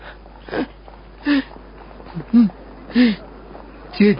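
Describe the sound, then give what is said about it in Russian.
Labored, wheezing breaths of a sick person come in a steady rhythm, about five raspy gasps in a row, each with a strained whistling tone, moderately loud against a quiet background. “Видал ты, как в этой болезни дышат при взволнованных чувствах?”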